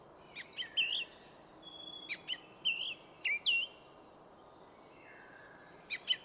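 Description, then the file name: Eurasian blackcap giving short bursts of fluty, wavering whistles separated by brief gaps, with faint bird notes between. "Sylvia atricapilla"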